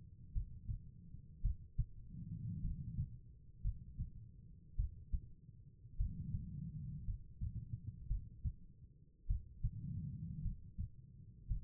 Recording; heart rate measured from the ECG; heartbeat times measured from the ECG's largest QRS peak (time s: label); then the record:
heart sounds by stethoscope; 54 bpm
0.33 s: heartbeat
1.42 s: heartbeat
2.62 s: heartbeat
3.62 s: heartbeat
4.76 s: heartbeat
5.97 s: heartbeat
7.05 s: heartbeat
8.08 s: heartbeat
9.27 s: heartbeat
10.42 s: heartbeat
11.48 s: heartbeat
From the record:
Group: healthy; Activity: rest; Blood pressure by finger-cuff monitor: 94/59 mmHg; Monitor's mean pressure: 69 mmHg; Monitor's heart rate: 55 bpm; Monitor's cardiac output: 4.3 L/min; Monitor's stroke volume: 79 mL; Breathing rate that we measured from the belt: 16 breaths a minute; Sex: female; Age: 36 years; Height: 163 cm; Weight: 88 kg